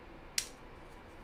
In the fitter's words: over here. Make sure there's a snap fit as you can hear.